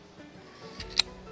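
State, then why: Seated. A telescoping back leg on a TCEK RiseLite adjustable-height folding camping chair is pulled out further until the leg lock snaps into its locked height. A soft knock at 0.8 s comes before a sharp, bright click at 1.0 s, with a low hum in the background. The back leg is seated at the new height.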